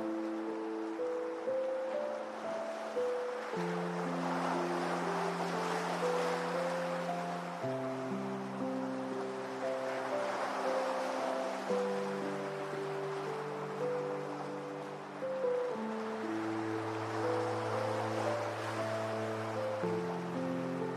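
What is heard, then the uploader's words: Ocean waves wash in slow swells, building and fading a few times across the clip. Under them runs a steady bed of low, held tones that shift to new pitches every few seconds, like slow organ-like chords. The level stays even throughout. Ocean Waves.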